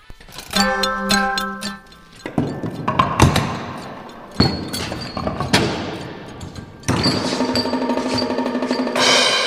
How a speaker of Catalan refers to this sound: Aquest és el so que fa la màquina de Rube Goldberg, un seguit d'artilugis posats en cadena i que seguint un efecte dominó aconsegueixen que amb el moviment d'una pilota xocant contra uns maons que deixen anar un pneumàtic, un martell i una pilota de